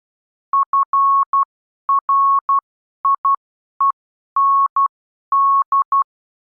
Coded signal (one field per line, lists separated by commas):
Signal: Morse code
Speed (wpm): 12 wpm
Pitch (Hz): 1100 Hz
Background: none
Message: FRIEND